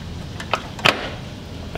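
A new CV axle's splined end is pushed into the transmission until its snap ring locks it in place. Two sharp clicks are heard at 0.5 s and 0.9 s, with a few softer knocks around them. The axle is seated in the transmission.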